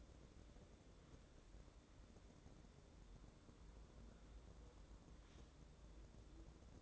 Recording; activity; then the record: daily activity, microphone in the room; wipe stove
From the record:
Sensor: 3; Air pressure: 1012.3 hPa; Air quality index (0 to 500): 176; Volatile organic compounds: 3 ppm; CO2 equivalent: 1344 ppm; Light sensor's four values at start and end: 596/1480/612/627 and 598/1485/614/630